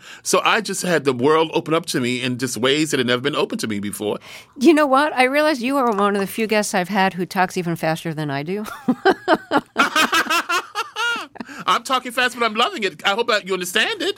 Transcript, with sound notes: So I just had the world open up to me in just ways that had never been opened to me before.
You know what? I realized you are one of the few guests I've had who talks even faster than I do.
(LAUGHTER)
I'm talking fast, but I'm loving it. I hope that you understand it.